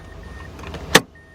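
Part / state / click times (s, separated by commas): plastic trim cover into car door panel / seated / 1.0 s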